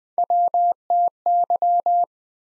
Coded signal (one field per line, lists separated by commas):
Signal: Morse code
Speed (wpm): 21 wpm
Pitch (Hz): 700 Hz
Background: none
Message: WTY